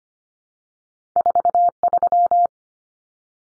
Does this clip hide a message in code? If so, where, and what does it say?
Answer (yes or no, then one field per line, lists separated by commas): yes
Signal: Morse code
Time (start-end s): 1.2-2.5 s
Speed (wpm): 25 wpm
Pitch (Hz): 700 Hz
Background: none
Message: 43